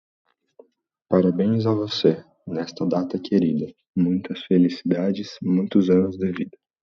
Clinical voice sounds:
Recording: short text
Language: Brazilian Portuguese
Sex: male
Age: 20 to 29 years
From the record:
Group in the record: control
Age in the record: 24 years

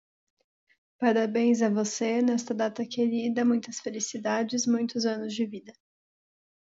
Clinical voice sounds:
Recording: short text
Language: Brazilian Portuguese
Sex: female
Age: 20 to 29 years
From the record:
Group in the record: control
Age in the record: 26 years

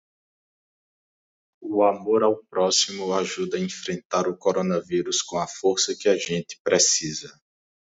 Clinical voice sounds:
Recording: spoken sentence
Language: Brazilian Portuguese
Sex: male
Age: 30 to 39 years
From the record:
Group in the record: control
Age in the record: 31 years

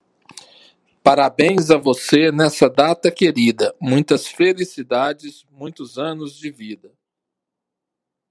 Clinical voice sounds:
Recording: short text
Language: Brazilian Portuguese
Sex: male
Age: 50 to 59 years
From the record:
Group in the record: control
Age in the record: 54 years

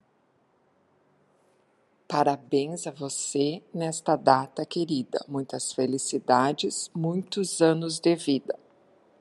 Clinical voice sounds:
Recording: short text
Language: Brazilian Portuguese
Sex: female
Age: 50 to 59 years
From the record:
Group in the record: control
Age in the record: 59 years

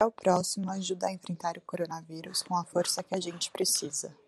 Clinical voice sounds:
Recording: spoken sentence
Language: Brazilian Portuguese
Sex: female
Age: 20 to 29 years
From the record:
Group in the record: control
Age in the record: 24 years

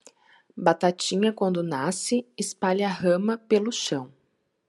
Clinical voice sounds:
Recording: short text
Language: Brazilian Portuguese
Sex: female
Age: 30 to 39 years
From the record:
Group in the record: control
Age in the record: 33 years

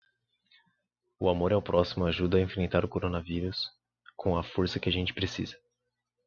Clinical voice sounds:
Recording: spoken sentence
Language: Brazilian Portuguese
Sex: male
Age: 20 to 29 years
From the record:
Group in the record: control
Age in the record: 21 years

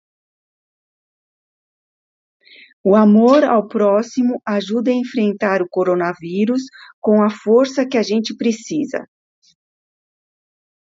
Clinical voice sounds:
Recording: spoken sentence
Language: Brazilian Portuguese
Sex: female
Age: 60 to 69 years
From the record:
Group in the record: control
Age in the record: 60 years

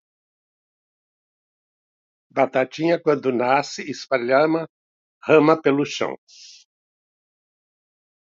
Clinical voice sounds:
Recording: short text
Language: Brazilian Portuguese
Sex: male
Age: 70 to 79 years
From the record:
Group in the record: control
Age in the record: 70 years

